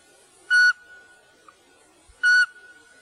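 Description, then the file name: Eurasian pygmy owl: two brief, even, piping whistles nearly two seconds apart, each on the same flat pitch, with a faint steady tone underneath. "spurvugle"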